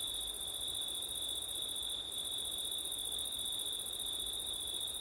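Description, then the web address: Continuous cricket song, a piercing high trill with a brief dip in the topmost voice near the middle, over soft background noise. Crickets on a September night, windy; ORTF microphone setup. "audio crickets wind september night ortif"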